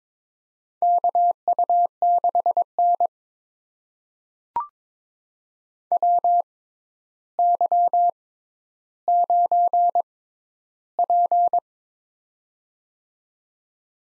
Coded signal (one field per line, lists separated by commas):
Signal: Morse code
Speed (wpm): 22 wpm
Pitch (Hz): 700 Hz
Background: none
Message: KU6N WY9P